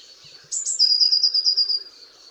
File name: Cyanistes caeruleus